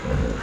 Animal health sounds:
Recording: contact call of a hoofed animal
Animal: wild boar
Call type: grunt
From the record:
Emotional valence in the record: positive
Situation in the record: food anticipation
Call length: 0.43 s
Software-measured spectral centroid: 1430 Hz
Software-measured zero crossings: 1270 a second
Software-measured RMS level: -24 dBFS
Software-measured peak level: -11 dBFS

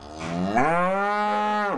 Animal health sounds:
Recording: contact call of a hoofed animal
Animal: cattle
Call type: low-frequency (closed-mouth) or high-frequency (open-mouth) call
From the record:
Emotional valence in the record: negative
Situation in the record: physical separation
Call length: 1.78 s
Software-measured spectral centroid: 1530 Hz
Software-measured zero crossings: 1840 a second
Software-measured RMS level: -24 dBFS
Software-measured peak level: -9 dBFS

